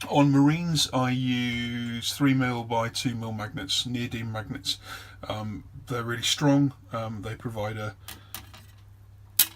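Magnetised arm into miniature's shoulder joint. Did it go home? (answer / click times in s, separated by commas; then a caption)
yes / 9.4 s. Someone talks while a magnetised option arm on a painted plastic Marine miniature, fitted with 3mm by 2mm neodymium magnets, is brought to the miniature's shoulder joint. A sharp, loud snap is heard at 9.4 s as the arm seats onto the joint.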